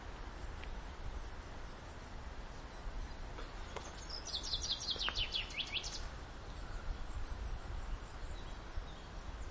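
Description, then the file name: Common chaffinch song: one short burst of high, quickly repeated notes falling in pitch, over steady low background noise. "Fringilla coelebs"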